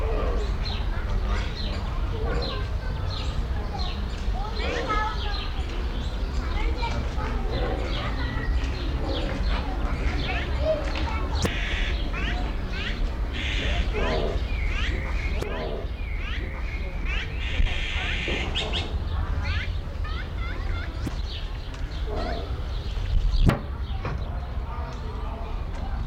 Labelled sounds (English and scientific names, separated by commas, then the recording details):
Red-rumped Cacique (Cacicus haemorrhous) call
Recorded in captivity
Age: adult
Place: Zoo Berlin, Berlin, DE
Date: 1994-06-11 11:46
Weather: heiter, 12-16°C
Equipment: Marantz CP 430, Sennheiser ME 80, Kopie Uher Variocord 263
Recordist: Tembrock, Günter